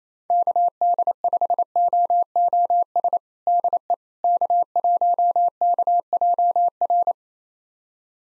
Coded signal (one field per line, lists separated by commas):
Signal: Morse code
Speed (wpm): 28 wpm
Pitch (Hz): 700 Hz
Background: none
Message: KD5OOS DE K1KJR